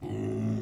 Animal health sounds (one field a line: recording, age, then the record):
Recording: pig call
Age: weaner (32 to 43 days)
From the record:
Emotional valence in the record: negative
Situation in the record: long isolation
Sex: female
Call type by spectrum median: low-frequency call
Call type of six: low-frequency stable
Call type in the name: low-frequency stable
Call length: 0.62 s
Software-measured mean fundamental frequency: 51 Hz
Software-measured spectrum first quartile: 136 Hz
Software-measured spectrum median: 229 Hz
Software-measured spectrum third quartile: 368 Hz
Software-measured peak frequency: 115 Hz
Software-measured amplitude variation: 86 dB a second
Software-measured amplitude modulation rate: 31.4 a second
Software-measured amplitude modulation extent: 2.8 dB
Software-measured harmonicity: -4.0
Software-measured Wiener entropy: -0.26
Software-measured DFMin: 1070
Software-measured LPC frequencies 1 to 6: 302, 1972, 2802, 3565, 4762, 5653 Hz